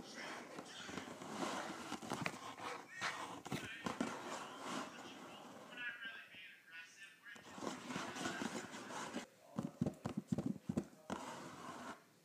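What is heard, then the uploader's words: Scratching and tapping on a cardboard box, a dense, rough rustle of scraping that runs almost without pause. Sharp taps cut through near the four-second mark, and a quick cluster of brisk knocks follows between nine and eleven seconds. A quieter, smoother stretch comes around six to seven seconds. ASMR Scratching and Tapping a Cardboard Box.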